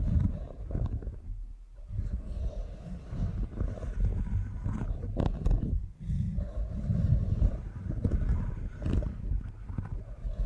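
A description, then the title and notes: Low rubbing and muffled thumping from an ear massage, steady and dense, with brief quiet dips near two and six seconds. ASMR Deep Ear Canal Massage for Sleep (No Talking).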